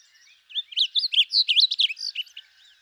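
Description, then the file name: Blue grosbeak song: a quick, sweet warbling phrase of jumbled rising and falling notes lasting about two seconds. "Blue Grosbeak Passerina caerulea"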